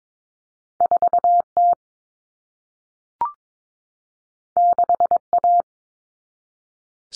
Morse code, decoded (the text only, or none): 4T 6A